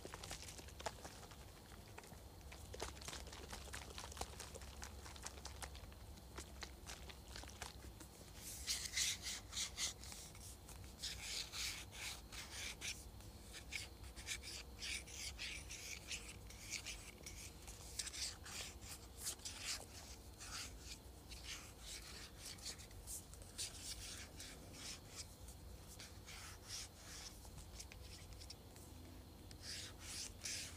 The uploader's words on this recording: ASMR Shaking and Spraying Spray Bottle.